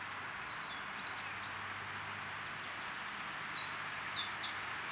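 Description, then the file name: Eurasian wren song: a quieter, high-pitched stream of quick chirps and a buzzy trill over a hissing background. "Troglodytes troglodytes"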